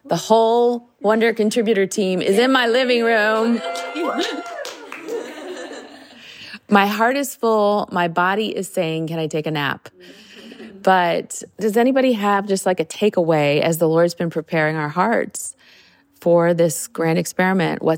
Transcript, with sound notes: The whole Wonder contributor team is in my living room. (cheering) My heart is full. My body is saying, “Can I take a nap?” But does anybody have just like a takeaway as the Lord has been preparing our hearts for this grand experiment.